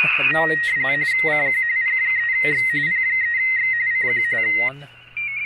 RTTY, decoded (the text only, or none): CQ P3X P3X CQ